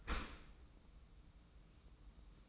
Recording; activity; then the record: daily activity, microphone in the room; open dishwasher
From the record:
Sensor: 1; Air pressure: 994.4 hPa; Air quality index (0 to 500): 215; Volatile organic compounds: 1000 ppm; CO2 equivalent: 7736 ppm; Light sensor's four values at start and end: 124/285/127/139 and 125/287/128/140